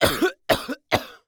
Human Male Coughing.